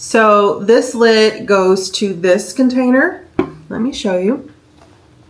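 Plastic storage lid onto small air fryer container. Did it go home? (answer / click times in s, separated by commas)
no / none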